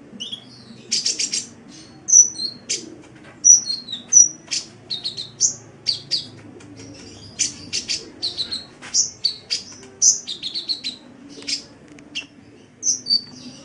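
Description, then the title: Oriental magpie-robin in continuous varied song, alternating piercing whistles, buzzy trills and short slurred phrases with brief gaps throughout. "Kicau Kacer"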